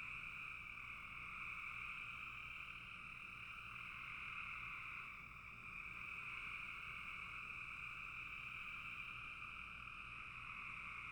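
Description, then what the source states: Frog chorus, a continuous buzzy trill in two pitch layers, fading slightly for a moment midway before returning to full strength. Frogs in a bog.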